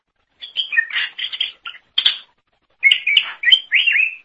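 Leafbird giving short bursts of buzzy chirps and slurred whistles, with a brief gap before a final whistled phrase.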